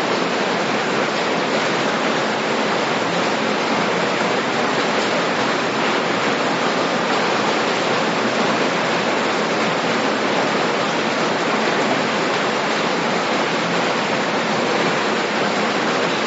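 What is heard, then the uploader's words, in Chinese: Heavy rain heard from indoors by a window, a dense, unbroken hiss with no single drops standing out. The downpour holds at a steady, fairly loud level for the whole stretch, bright and airy with little low rumble beneath. 白噪音：窗外雨声。在小酒馆群说到了外面瓢泼大雨。所以把录音笔找了出来，录了两个半小时。大雨逐渐变小的过程。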